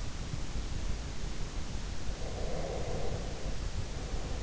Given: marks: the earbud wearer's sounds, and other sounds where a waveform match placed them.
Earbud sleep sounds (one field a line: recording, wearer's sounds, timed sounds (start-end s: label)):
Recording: sounds in sleep by an in-ear microphone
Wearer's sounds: breath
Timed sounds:
2.31-4.36 s: breath